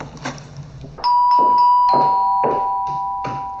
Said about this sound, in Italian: Aprì il cancello, andò fino alla porta e suonò il campanello. Chissà chi può essere. Vado a vedere.